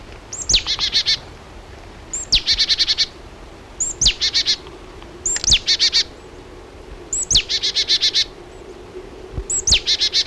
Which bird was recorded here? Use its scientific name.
Poecile palustris